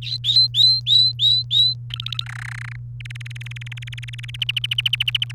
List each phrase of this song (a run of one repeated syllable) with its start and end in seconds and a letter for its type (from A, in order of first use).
0.02-1.74 A, 1.90-2.25 B, 2.26-2.76 C, 3.00-4.36 D, 4.42-5.32 E